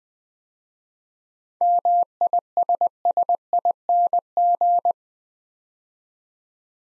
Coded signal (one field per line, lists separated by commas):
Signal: Morse code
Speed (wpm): 20 wpm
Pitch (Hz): 700 Hz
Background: none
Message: MISSING